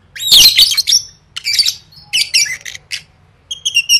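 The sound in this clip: Lovebird squawks: a loud, piercing, grating burst at the start, then scattered scratchy notes and a quick series of thin chirps at the end.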